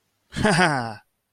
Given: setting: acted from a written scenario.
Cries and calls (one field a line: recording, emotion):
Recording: vocal sound without words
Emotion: amusement